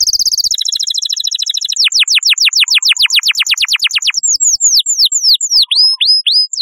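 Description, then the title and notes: Canary singing a fast rattling trill that turns into a long run of steep, repeated downward-swept notes, followed by looser descending whistles with a slight hook at the end. Chirping song. "Kicau Burung Kenari"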